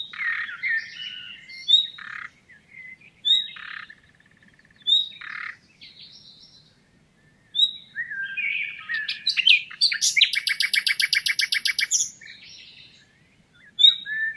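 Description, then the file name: Common nightingale song: varied whistled and buzzy phrases with pauses, building to a loud, rapid repeated rattling series, while sharp high notes recur throughout. "Luscinia megarhynchos"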